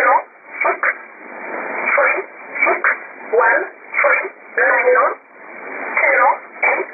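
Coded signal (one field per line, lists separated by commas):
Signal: numbers station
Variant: E11 Oblique, English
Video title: 04 01 2018 Numbers station E11 Oblique in English to Eu 0652 on 7840 unknown tx site in USB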